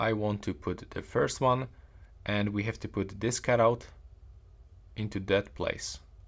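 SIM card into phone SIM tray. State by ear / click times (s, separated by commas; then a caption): not seated / none. Someone talks while fitting a SIM card into its cutout in the plastic SIM tray of a POCO M8 phone. The card is being handled and has not yet been squeezed home, so nothing has seated or clicked yet.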